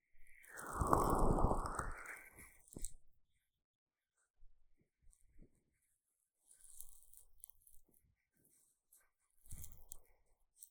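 Sticky aloe gel ear massage: a loud wet squelching rub in the first three seconds, then quieter scattered sticky crackles and a brief squish near ten seconds.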